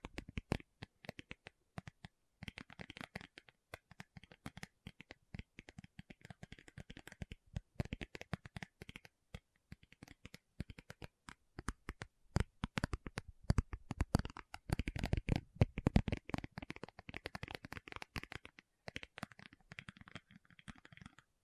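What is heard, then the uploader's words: Tapping goes on without pause: dense, rapid, uneven clicks and taps, crisp and bright with some dull thumps. The pace shifts throughout, with brief gaps near 2 and 7 seconds, and the busiest, loudest stretch falls around 15 to 16 seconds. Tapping Session (No Talking).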